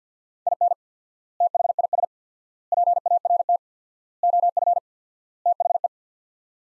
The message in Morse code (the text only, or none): IN THIS PART OF THE